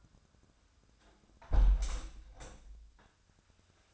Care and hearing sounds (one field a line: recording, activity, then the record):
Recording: daily activity, microphone in the room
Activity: close window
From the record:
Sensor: 2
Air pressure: 1006.2 hPa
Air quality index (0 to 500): 178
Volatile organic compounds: 9 ppm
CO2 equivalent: 2174 ppm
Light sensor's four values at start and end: 8/20/8/9 and 8/20/8/8